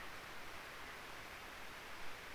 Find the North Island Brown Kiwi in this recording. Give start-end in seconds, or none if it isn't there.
none